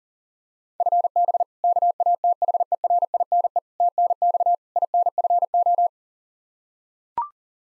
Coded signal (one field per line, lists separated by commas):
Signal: Morse code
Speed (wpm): 40 wpm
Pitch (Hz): 700 Hz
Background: none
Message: FB KATHERINE TNX INFO